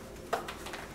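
While reholstering, a pistol is pushed down into an Urban Carry G3 holster flipped back down, and its trigger guard clicks into the holster's retention clip at 0.3 s. A fainter sound follows at 0.5 s, and the pistol is confirmed seated.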